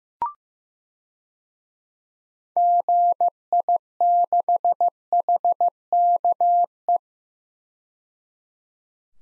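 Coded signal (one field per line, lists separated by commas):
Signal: Morse code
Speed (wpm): 15 wpm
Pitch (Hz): 700 Hz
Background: none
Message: GI6HKE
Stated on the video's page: Generated Morse at 15wpm of six-character DXCC call signs for head-copy practice, each sent, spoken, then sent again.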